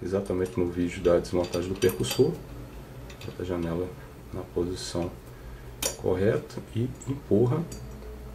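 Someone talks while handling a 1911 pistol's firing pin and retaining plate, lining the part's window up in the correct position and pushing it into the slide, with light metallic clinks of handling throughout. Nothing has seated or clicked yet.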